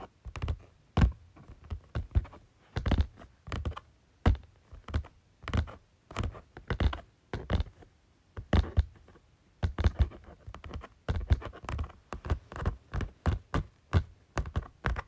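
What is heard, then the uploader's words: Fingers tap on a folder in quick, uneven bursts, each tap a short dull knock with a crisp edge. The taps come several per second in clusters with brief pauses between, dry. Tapping Folder.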